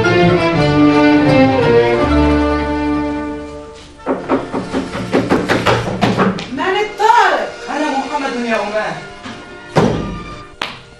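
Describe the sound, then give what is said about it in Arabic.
A burst of loud, rapid knocks on a house door at night follows a sustained musical passage, the hard thuds coming in a quick irregular series while voices talk over them. “هكذا تدق أبواب البيوت يا محمد؟”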